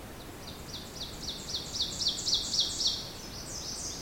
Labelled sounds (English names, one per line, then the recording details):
Ovenbird song
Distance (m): 10 m
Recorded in boreal forest in Alberta, Canada, on 20 June 2016 at 07:08
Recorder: SongMeter 3, array SBT-6-81
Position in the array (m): 151 m, 45 m
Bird 47